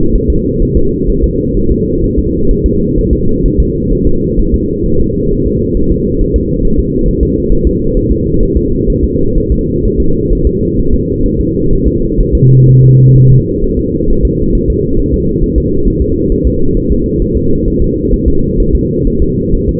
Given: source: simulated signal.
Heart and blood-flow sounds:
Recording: fetal heart sounds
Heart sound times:
0.15 s: S1
0.30 s: S2
0.62 s: S1
0.77 s: S2
1.10 s: S1
1.24 s: S2
1.57 s: S1
1.71 s: S2
2.04 s: S1
2.19 s: S2
2.51 s: S1
2.66 s: S2
2.98 s: S1
3.13 s: S2
3.45 s: S1
3.60 s: S2
3.93 s: S1
4.07 s: S2
4.39 s: S1
4.54 s: S2
4.86 s: S1
5.00 s: S2
5.32 s: S1
5.46 s: S2
5.77 s: S1
5.91 s: S2
6.21 s: S1
6.36 s: S2
6.65 s: S1
6.79 s: S2
7.08 s: S1
7.23 s: S2
7.52 s: S1
7.67 s: S2
7.97 s: S1
8.11 s: S2
8.43 s: S1
8.57 s: S2
8.90 s: S1
9.04 s: S2
9.38 s: S1
9.52 s: S2
9.85 s: S1
10.00 s: S2
10.33 s: S1
10.47 s: S2
10.79 s: S1
10.94 s: S2
11.26 s: S1
11.40 s: S2
11.73 s: S1
11.87 s: S2
12.21 s: S1
12.35 s: S2
12.69 s: S1
12.83 s: S2
13.17 s: S1
13.31 s: S2
13.64 s: S1
13.79 s: S2
14.10 s: S1
14.25 s: S2
14.55 s: S1
14.70 s: S2
14.99 s: S1
15.14 s: S2
15.43 s: S1
15.58 s: S2
15.88 s: S1
16.02 s: S2
16.32 s: S1
16.47 s: S2
16.77 s: S1
16.91 s: S2
17.22 s: S1
17.37 s: S2
17.68 s: S1
17.82 s: S2
18.13 s: S1
18.28 s: S2
18.60 s: S1
18.75 s: S2
19.07 s: S1
19.22 s: S2
19.55 s: S1
19.69 s: S2
From the record:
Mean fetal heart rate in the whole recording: 130 bpm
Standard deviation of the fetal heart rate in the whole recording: 4 bpm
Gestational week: 38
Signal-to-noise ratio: -16.4 dB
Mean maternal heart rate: 72 bpm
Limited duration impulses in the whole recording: present

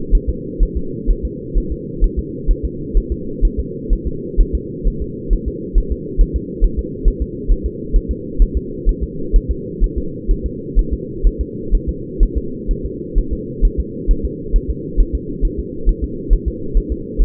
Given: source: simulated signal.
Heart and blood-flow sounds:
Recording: fetal heart sounds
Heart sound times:
0.15 s: S1
0.29 s: S2
0.63 s: S1
0.77 s: S2
1.11 s: S1
1.25 s: S2
1.58 s: S1
1.72 s: S2
2.04 s: S1
2.19 s: S2
2.51 s: S1
2.65 s: S2
2.98 s: S1
3.12 s: S2
3.45 s: S1
3.59 s: S2
3.93 s: S1
4.07 s: S2
4.41 s: S1
4.55 s: S2
4.88 s: S1
5.02 s: S2
5.33 s: S1
5.48 s: S2
5.78 s: S1
5.92 s: S2
6.21 s: S1
6.36 s: S2
6.65 s: S1
6.79 s: S2
7.08 s: S1
7.22 s: S2
7.52 s: S1
7.66 s: S2
7.96 s: S1
8.11 s: S2
8.42 s: S1
8.57 s: S2
8.89 s: S1
9.04 s: S2
9.36 s: S1
9.51 s: S2
9.84 s: S1
9.98 s: S2
10.31 s: S1
10.46 s: S2
10.79 s: S1
10.93 s: S2
11.27 s: S1
11.41 s: S2
11.75 s: S1
11.89 s: S2
12.23 s: S1
12.38 s: S2
12.71 s: S1
12.86 s: S2
13.19 s: S1
13.33 s: S2
13.65 s: S1
13.80 s: S2
14.11 s: S1
14.25 s: S2
14.56 s: S1
14.70 s: S2
15.01 s: S1
15.15 s: S2
15.45 s: S1
15.59 s: S2
15.89 s: S1
16.04 s: S2
16.33 s: S1
16.48 s: S2
16.77 s: S1
16.92 s: S2
17.22 s: S1
From the record:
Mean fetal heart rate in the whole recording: 130 bpm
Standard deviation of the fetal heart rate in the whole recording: 4 bpm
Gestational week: 38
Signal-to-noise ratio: -4.3 dB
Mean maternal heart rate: 72 bpm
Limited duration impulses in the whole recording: present

